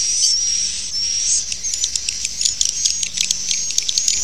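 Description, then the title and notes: Swiftlet chatter, high and buzzy, with a steady thin whistle early on, then sharper clicking chirps in quick irregular bursts. Used in swiftlet farming in Asia. "Swiflet Bird Sound. Farming Swiflet Bird asia sound"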